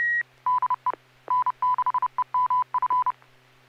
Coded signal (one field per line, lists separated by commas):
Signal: Morse code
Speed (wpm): 30 wpm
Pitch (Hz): 1000 Hz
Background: none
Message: DE N6EMF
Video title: N6NA SSTV Net - 10/20/2021